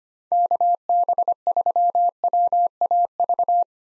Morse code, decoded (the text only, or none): KB3WAV